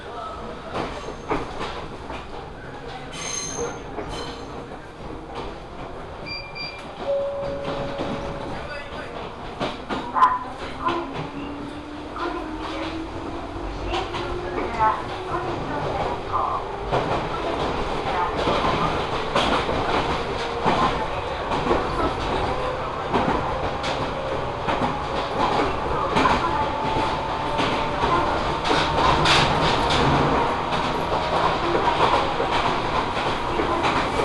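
A ride on an Omi Railway train. Steady rolling rumble with rail clicks and rattles, a low whine that rises in pitch from about ten seconds as the train picks up speed, and the noise grows louder and denser toward the end.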